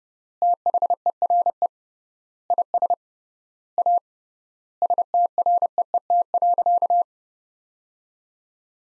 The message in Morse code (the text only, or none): THERE IS A STREET.